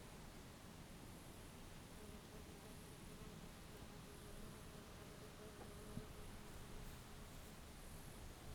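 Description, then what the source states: Fly buzzing, a steady drone over constant background hiss and repeated high hissing bursts. Recorded in Australia.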